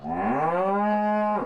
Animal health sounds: contact call of a hoofed animal; cattle; low-frequency (closed-mouth) or high-frequency (open-mouth) call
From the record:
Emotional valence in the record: negative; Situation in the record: full separation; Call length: 1.46 s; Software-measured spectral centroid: 1000 Hz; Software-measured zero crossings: 1410 a second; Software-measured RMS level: -24 dBFS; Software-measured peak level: -13 dBFS

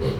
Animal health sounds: contact call of a hoofed animal; pig; closed-mouth grunt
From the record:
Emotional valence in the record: positive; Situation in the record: food and toys in familiar pen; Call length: 0.21 s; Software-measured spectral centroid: 1760 Hz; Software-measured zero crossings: 1200 a second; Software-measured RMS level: -24 dBFS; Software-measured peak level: -13 dBFS

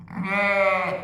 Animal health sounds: contact call of a hoofed animal; sheep; low-frequency (closed-mouth) or high-frequency (open-mouth) call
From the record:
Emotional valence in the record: negative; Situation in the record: short social isolation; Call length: 1.04 s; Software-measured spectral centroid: 1790 Hz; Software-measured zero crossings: 2070 a second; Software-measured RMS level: -23 dBFS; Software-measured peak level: -9 dBFS

